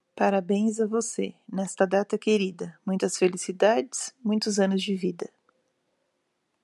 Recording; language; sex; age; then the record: short text; Brazilian Portuguese; female; 30 to 39 years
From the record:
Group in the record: control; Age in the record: 38 years